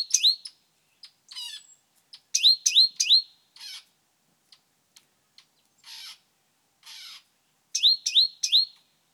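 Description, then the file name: Great tit with varied calls: groups of sharp, downward-hooked high notes alternating with harsh buzzy rasping bursts and scattered short ticks. "Parus major"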